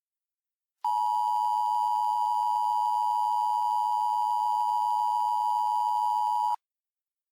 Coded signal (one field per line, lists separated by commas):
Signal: Emergency Alert System (SAME) tones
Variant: 853 and 960 Hz attention tone